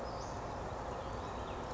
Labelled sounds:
Western Flycatcher
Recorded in Sonoma County, California

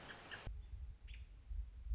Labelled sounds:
American Robin
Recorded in Sonoma County, California

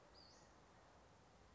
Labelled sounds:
Western Flycatcher
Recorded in Sonoma County, California

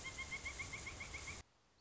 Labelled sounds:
Pileated Woodpecker
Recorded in Sonoma County, California

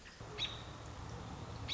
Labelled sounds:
American Robin
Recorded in Sonoma County, California

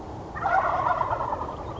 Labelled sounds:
Wild Turkey
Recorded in Sonoma County, California

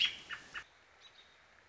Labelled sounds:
American Robin
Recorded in Sonoma County, California

